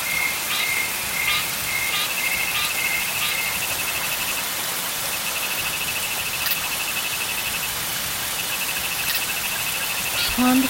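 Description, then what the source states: Frog calls among a high pulsing trill, beneath a steady wash of falling rain. Frogs at a pond in the rain, with insects.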